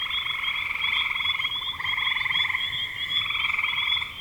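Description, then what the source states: Frogs in chorus, quick pulsed trills overlapping with little pause, loudness wavering slightly as individual callers start and stop. Recorded in spring 2025.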